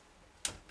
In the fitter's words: and you push it in until you hear a snap hopefully not your motherboard breaking